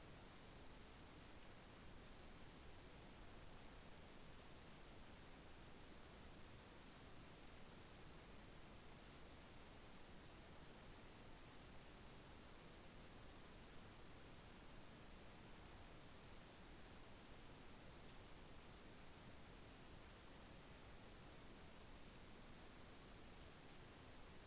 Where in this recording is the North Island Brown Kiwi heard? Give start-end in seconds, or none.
none